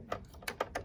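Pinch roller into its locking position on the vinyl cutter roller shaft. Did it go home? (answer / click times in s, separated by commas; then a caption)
no / none. A movable plastic pinch roller is slid along the roller shaft of a Silhouette Cameo Plus 15-inch vinyl cutter, back toward its original locking position. A few short, sharp clicks and taps sound at about 0.1, 0.5 and 0.6 seconds over a low background. The roller has not yet snapped into its locking position, and nothing has seated.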